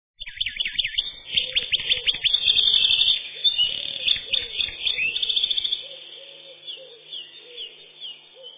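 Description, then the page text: Eurasian wren song: a loud, fast stream of high trills and rattling notes lasting about five seconds, then trailing off into quieter twittering. "Крапивник, или подкоренник, орешек (лат. Troglodytes troglodytes)"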